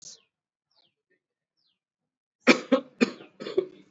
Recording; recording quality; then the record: heavy voluntary cough; excellent, no background noise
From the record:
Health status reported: exposed to COVID-19, no respiratory illness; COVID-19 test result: not tested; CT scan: not taken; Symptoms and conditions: cold, fever, another respiratory illness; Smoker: yes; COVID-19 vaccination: both doses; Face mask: worn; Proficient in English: yes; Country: India